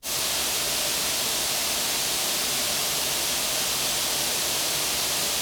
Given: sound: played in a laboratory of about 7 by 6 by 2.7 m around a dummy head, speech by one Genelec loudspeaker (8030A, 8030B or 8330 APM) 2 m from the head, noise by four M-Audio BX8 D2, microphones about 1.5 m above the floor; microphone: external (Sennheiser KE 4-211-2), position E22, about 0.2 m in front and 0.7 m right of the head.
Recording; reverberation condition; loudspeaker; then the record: white noise; high; four, about 170 cm from the corners of the room and facing them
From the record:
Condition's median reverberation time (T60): about 1300 ms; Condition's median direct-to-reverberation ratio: about -4.0 dB